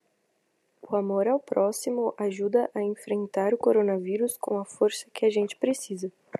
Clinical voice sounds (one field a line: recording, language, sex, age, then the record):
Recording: spoken sentence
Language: Brazilian Portuguese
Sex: female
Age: 18 to 19 years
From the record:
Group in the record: control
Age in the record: 19 years